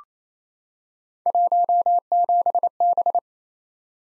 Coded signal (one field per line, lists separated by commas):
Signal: Morse code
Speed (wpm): 29 wpm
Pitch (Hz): 700 Hz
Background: none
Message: 17B